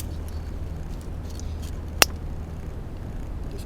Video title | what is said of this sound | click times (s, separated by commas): Diagnose car STARTING PROBLEMS no start FUEL PRESSURE spark test IGNITION COIL Chrysler Dodge Jeep | it in till it clicks. | 2.0 s